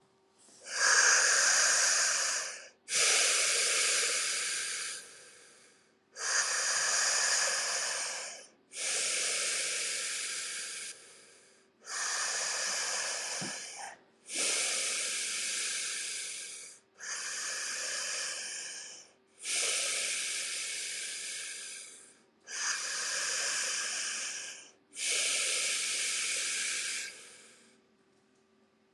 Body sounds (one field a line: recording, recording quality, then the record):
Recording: deep breathing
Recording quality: excellent, no background noise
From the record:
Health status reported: respiratory illness, not identified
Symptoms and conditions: hypertension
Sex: male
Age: 45 years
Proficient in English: yes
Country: Canada